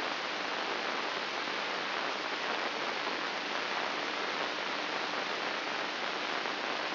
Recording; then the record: brain microelectrode recording played as sound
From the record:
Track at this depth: inside the subthalamic nucleus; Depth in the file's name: 5.083 mm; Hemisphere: left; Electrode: 2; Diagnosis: Parkinson's disease